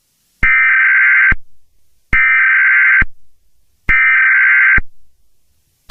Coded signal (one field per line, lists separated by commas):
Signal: Emergency Alert System (SAME) tones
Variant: header bursts